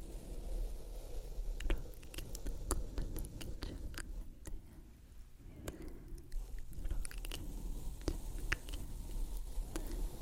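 Soft brushing makes a steady low rustle, broken by frequent irregular crisp clicks and taps, some sounding like small wet mouth sounds.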